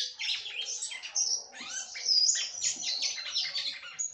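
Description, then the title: Red-cowled cardinal delivering a continuous, lively jumble of high whistled and chattering notes with quick up-and-down slurs. "Galo De Campina"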